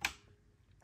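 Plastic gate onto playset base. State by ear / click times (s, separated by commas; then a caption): seated / 0.0 s. A small plastic gate for a Matchbox Action Drivers Police Station Dispatch playset (new for 2022) is turned and snapped onto the playset base. A sharp snap at 0.1 s seats the gate on the base, followed by faint handling noise and two light ticks near the end.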